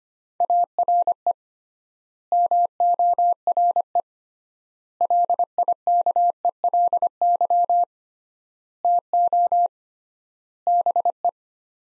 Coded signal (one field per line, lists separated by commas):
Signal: Morse code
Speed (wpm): 25 wpm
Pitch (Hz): 700 Hz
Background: none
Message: ARE MORE LIKELY TO BE